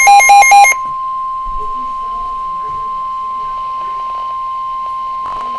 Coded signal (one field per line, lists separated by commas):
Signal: Emergency Alert System (SAME) tones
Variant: 1050 Hz attention tone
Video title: AN ENHANCED RISK... EAS Alerts from March 14, 2025